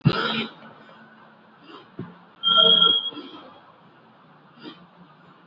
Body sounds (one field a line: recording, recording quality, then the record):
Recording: deep breathing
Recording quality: moderate, slight background noise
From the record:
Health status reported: COVID-19 positive, mild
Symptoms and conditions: cough, cold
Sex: male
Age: 54 years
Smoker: not ticked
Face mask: worn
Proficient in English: yes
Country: India